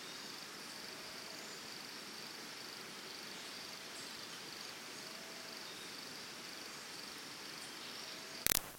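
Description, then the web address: Cricket trill running steadily at a high pitch beneath quiet background hiss, ending in a sudden loud burst of noise. Early morning in Costa Rica, forest and jungle ambience. "Big Room Sound Birds Crickets Costa Rica"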